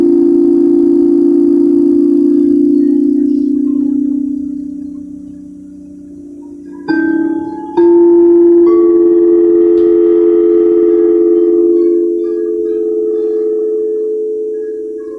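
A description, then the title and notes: Lovely, sustained singing-bowl tones ring out, one low hum slowly fading over the first seven seconds. A soft strike near seven seconds and a brighter one just before eight bring new shimmering tones that hold steady and gently decay toward the end. Beautiful lovely tones.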